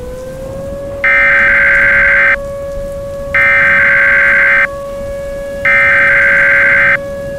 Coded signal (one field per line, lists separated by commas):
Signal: Emergency Alert System (SAME) tones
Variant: header bursts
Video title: Joke EAS Scenario - thank you for using voicetext